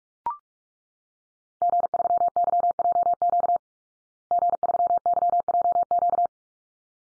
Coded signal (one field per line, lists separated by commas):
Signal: Morse code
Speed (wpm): 44 wpm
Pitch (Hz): 700 Hz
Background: none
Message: G3YJQ G3YJQ